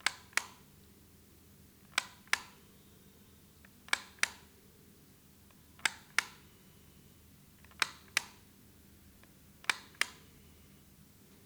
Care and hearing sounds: daily activity, guitar pickup as the sensor; operate light

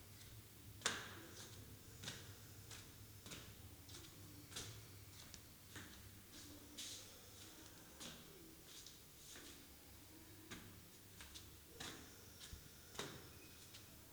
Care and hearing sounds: daily activity, guitar pickup as the sensor; go upstairs

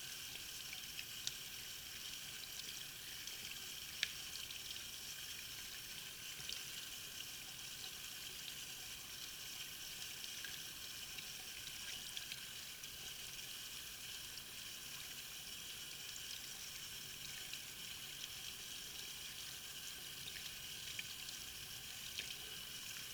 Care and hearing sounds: daily activity, guitar pickup as the sensor; wash hands

